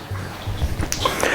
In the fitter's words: line it up on the rails, pull till it clicks.